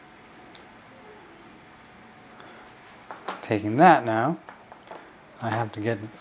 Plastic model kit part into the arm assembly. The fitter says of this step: that will click in